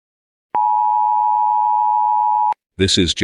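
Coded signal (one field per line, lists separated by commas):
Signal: Emergency Alert System (SAME) tones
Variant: 853 and 960 Hz attention tone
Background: speech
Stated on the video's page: Fictional SCP-based EAS scenario using real EAS alert tones.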